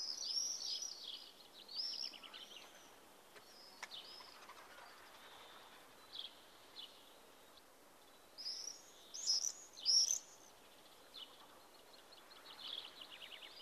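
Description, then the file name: Common swift screams, shrill and rasping, come in scattered bursts: a busy opening run, isolated short screams, a louder cluster around ten seconds, and a final flurry, over low hiss. "Tornseglare"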